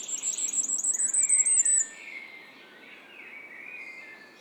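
Firecrest song: a rapid, very high-pitched string of thin notes that grows louder, then breaks off, followed by quieter, lower chirping.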